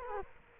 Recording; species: mosquito wingbeat signal from an infrared sensor; Culex quinquefasciatus